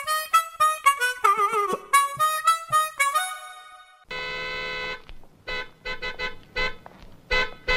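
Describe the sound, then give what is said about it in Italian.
A very sensitive car horn, set off by an elbow lightly resting on it, honks in a rapid series of short, loud toots, then sounds one sustained blast before more quick choppy honks follow. No voices are heard. “Lei ha clacsonato. Tu ha clacsonato? Io no. Ah, sì, ho appoggiato appena il gomito. È un clacson sensibilissimo.”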